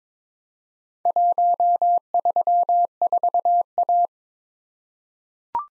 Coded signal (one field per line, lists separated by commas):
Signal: Morse code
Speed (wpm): 21 wpm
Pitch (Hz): 700 Hz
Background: none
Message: 134A